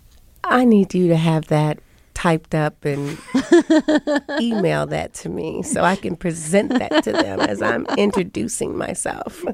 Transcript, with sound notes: I need you to have that typed up and... [SOUNDBITE OF LAUGHTER] ...email that to me so I can present that to them as I'm introducing myself.